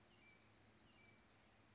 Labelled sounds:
Dark-eyed Junco
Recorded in Sonoma County, California

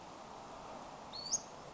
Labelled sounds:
Western Flycatcher
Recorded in Sonoma County, California

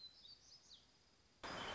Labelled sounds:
Black-throated Gray Warbler
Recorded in Sonoma County, California

